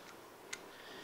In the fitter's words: Now we're going to pull the magazine release forward, lock it into place, and we can take out our magazine.